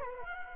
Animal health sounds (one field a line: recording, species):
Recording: mosquito wingbeat signal from an infrared sensor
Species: Culex quinquefasciatus